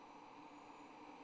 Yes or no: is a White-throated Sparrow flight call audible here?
no